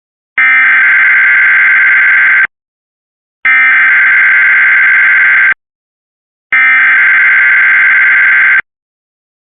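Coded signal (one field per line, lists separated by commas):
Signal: Emergency Alert System (SAME) tones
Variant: header bursts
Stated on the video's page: Severe Thunderstorm Watch alert carried on Cox cable.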